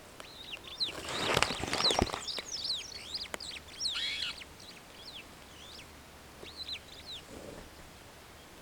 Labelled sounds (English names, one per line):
Superb Starling flight call